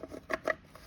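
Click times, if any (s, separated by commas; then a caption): none. The fan and control unit of a Cigar Oasis Excel 3.0 electronic cigar humidifier is handled and set on top of its water reservoir base. Two brief, sharp knocks are heard at about 0.3 s and 0.5 s amid faint handling noise. Nothing has seated or clicked into place yet.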